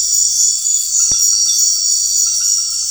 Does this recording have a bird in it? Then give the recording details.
no. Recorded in secondary vegetation near Puerto Asís, Putumayo, Colombia, on 4 March 2025 at 20:00. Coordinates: 0.499, -76.323. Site G094